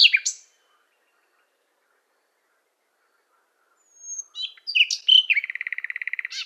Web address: Schulze Peter Common Nightingale song